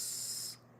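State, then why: Not seated. A furniture leg is being handled at the socket in the base of a bathroom vanity cabinet, with a steady broadband hiss filling the clip until it drops away sharply at about 0.55 seconds. Nothing has seated or clicked yet; the leg is not yet home.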